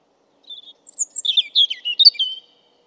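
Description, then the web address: European robin song: one quick phrase of thin high whistles, sliding notes and fast twittering trills, lasting about two seconds. "Deverinetal 2025"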